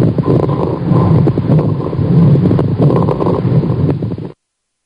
That is the sound recording of someone breathing who has fluid in their lungs.